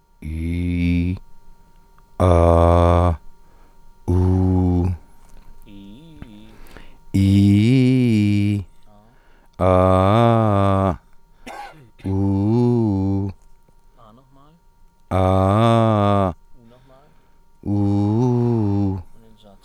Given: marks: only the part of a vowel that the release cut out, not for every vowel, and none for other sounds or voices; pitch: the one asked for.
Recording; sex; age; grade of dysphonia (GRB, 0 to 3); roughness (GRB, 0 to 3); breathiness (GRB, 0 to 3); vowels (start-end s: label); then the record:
sustained vowels; male; 40 to 49 years; 0; 0; 0
0.28-1.09 s: vowel /i/, low pitch
2.23-3.06 s: vowel /a/, low pitch
4.12-4.80 s: vowel /u/, low pitch
7.19-8.49 s: vowel /i/, low-high-low pitch
15.17-16.23 s: vowel /a/, low-high-low pitch
17.73-18.86 s: vowel /u/, low-high-low pitch
From the record:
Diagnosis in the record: healthy voice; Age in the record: 45 years